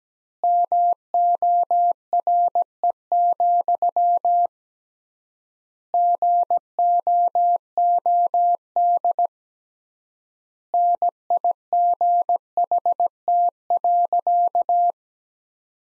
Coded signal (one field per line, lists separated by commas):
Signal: Morse code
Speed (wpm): 17 wpm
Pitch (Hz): 700 Hz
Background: none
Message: MORE, GOOD NIGHT.